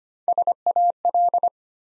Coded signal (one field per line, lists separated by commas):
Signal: Morse code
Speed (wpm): 25 wpm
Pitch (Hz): 700 Hz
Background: none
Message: SAL